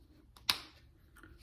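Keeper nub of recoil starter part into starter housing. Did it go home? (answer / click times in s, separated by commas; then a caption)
yes / 0.5 s. The top keeper nub of a Stihl 046 chainsaw recoil starter (Elastostart cord) is popped into the starter housing. After a faint tick near 0.4 s, a sharp, bright snap at 0.5 s decays quickly, then a soft tick follows near 1.2 s. The keeper is seated with a click at 0.5 s.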